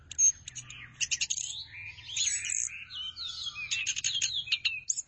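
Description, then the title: Thrush song with a bright opening note, then rolling warbled phrases and downslurred whistles mixed with rapid clicking trills. "burung anis x"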